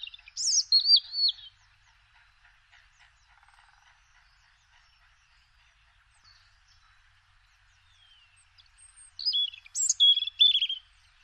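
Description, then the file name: European robin song, a brief high liquid phrase at the start, a long quiet gap with faint twitters, then another thin, sharply shifting phrase near the end. "Rougegorge familier"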